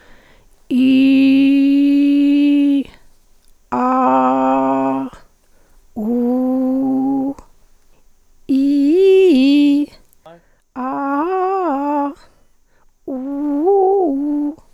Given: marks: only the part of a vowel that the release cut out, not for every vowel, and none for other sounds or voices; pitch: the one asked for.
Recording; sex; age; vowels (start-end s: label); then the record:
sustained vowels; female; 60 to 69 years
0.80-2.74 s: vowel /i/, low pitch
3.77-4.95 s: vowel /a/, low pitch
6.09-7.29 s: vowel /u/, low pitch
8.55-9.76 s: vowel /i/, low-high-low pitch
10.81-12.00 s: vowel /a/, low-high-low pitch
13.12-14.46 s: vowel /u/, low-high-low pitch
From the record:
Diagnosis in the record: hyperfunctional dysphonia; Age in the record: 64 years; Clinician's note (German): Beginnend